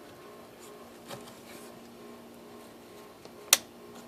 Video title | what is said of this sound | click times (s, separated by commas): Remington 597 Review | I don't know if you could hear that, but that's it locking in. | 3.5 s